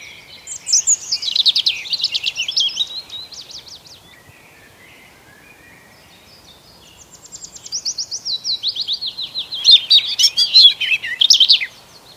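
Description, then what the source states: Birds singing in high rapid trilled phrases, a long twittering run, a soft pause, then another lively descending trill sequence. Birds singing on an early spring morning.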